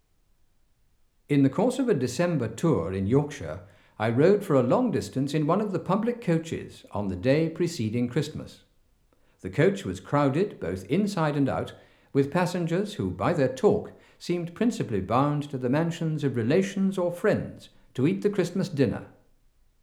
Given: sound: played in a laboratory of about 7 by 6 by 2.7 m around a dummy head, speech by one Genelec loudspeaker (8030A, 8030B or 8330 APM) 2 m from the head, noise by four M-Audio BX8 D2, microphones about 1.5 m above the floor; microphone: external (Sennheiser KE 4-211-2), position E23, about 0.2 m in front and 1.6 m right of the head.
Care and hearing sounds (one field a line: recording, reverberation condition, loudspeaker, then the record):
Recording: male speech in English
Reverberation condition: medium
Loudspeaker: 90 degrees to the right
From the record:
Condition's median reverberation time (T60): about 510 ms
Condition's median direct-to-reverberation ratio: about -0.5 dB